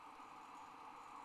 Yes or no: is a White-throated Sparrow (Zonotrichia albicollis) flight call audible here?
no